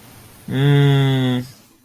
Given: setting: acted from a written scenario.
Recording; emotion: vocal sound without words; confusion